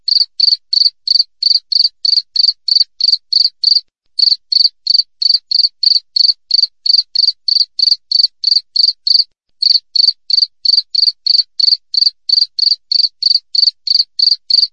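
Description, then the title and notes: Cricket's repeated chirps, piercing and regular at close to three per second, pausing briefly twice. Clear natural cricket chirping with tightly spaced pauses, made as a master track for training songbirds and for driving away rats. "Masteran Jangkrik Alam Jernih, Jeda Rapat Cocok Untuk Masteran Burung Dan Mengusir Tikus. suara jangkrik"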